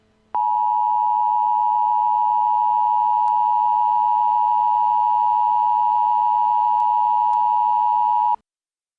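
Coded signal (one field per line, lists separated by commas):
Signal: Emergency Alert System (SAME) tones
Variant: 853 and 960 Hz attention tone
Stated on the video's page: Fictional EAS scenario about a nuclear event.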